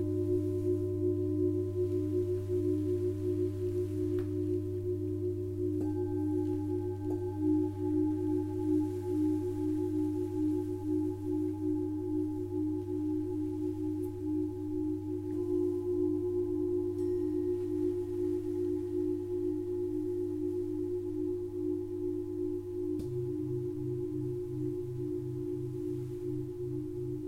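Singing bowls in a session ring with steady, sustained low tones that hum and waver in a regular slow pulse. A higher tone enters around six seconds, and near twenty-three seconds the lowest note shifts and beats more quickly. Loudness stays even throughout.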